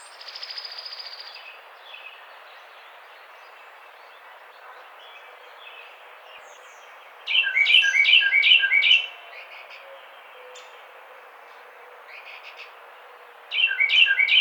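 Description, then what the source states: Carolina wren song: two bursts of a rapid rolling series of repeated phrases with a quiet gap between, after a fainter pulsed sound at the start. Recorded 18 April 2009.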